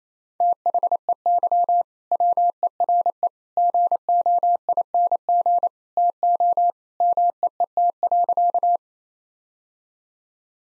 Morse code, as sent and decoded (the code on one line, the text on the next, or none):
- .... . -.-- / .-- . .-. . / --. --- .. -. --. / - --- / -- . . - .-.-.-
THEY WERE GOING TO MEET.